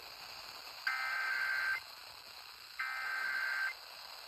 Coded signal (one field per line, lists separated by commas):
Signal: Emergency Alert System (SAME) tones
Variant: header bursts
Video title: KLOS+KLLI 95.5+93.9 Required Weekly Test (1/1/25) (first EAS capture of 2025)